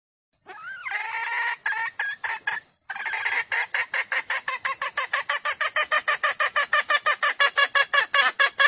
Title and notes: Pancingan Ayam Hutan Betina. Suara Ayam Hutan Betina. Pemikat Ayam Hutan